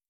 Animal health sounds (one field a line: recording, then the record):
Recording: hydrophone in a shrimp aquaculture tank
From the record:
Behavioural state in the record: starved